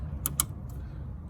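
On a 2013 Chevy Equinox 2.4 Ecotec, the plastic locking security pin is pushed back into the throttle body electrical connector after the connector is plugged back on. Two sharp clicks come at 0.3 s and 0.4 s over a low steady hum, and the pin is seated. No one talks.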